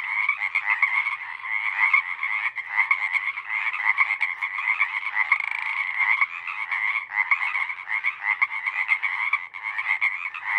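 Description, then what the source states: Pacific Chorus Frogs fill the air with a continuous roar of many overlapping rasping calls. Full chorus of a single pod, roaring for hours after sunset; recorded night of April 21–22, 2019, Sinlahekin Valley.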